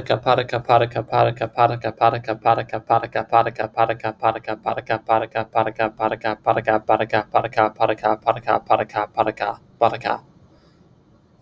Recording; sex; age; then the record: repeated syllables /pa ta ka/; male; 20 to 29 years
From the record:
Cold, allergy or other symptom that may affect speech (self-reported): no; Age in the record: 29 years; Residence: New York, United States